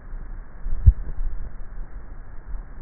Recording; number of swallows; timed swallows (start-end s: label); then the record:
swallowing sounds by neck microphone; 1
0.65-1.58 s: swallow
From the record:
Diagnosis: dysphagia